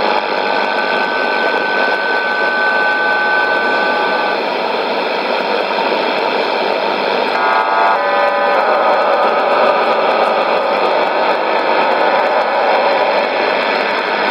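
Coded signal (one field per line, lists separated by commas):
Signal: numbers station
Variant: HM01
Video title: 22 11 2019 HM01 Cuban Spy Numbers station in Spanish 0718 on 9330 Bejucal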